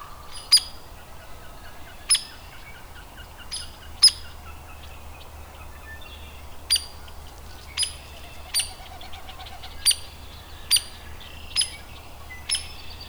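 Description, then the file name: Hairy woodpecker repeating abrupt, high notes about a dozen times at irregular gaps. Adult bird. "Hairy WPAdult"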